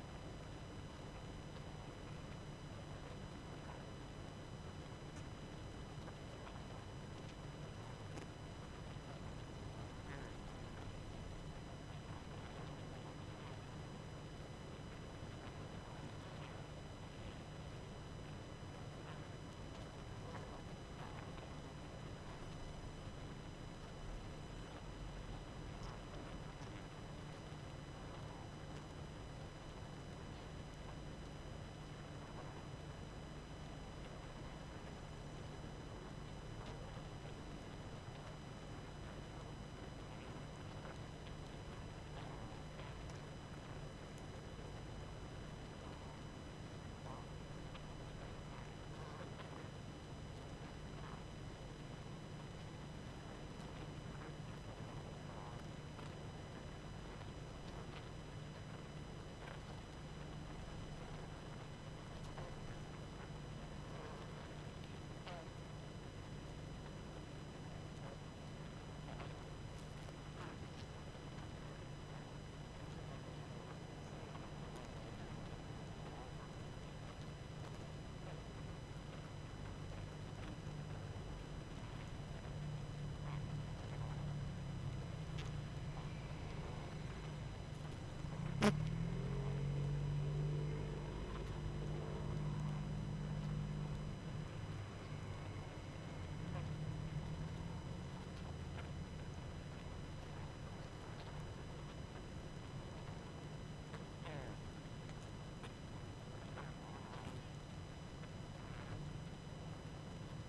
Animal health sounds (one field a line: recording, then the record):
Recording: honeybee colony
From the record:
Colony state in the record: active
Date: 12 June 2018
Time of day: 21:57